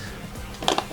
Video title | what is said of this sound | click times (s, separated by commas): The Ultimate Camera Unboxing: Nikon Z8 & Nikkor 24-70 & 180 – 600(Jaw-Dropping Surprise) #nikonz8 | line them up and turn it anticlockwise and you locked into place | 0.7 s, 0.8 s